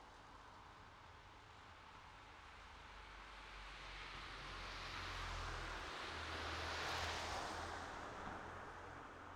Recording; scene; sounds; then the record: everyday scene through a hearing-aid microphone; in traffic; traffic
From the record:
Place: city secondary road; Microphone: in the ear canal, right